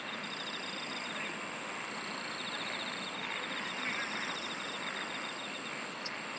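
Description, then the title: Insect song with a rapid ticking trill in the first half, fading into an even, continuous high chorus; a short sharp tick near the end. "SINGING OF INSECTS"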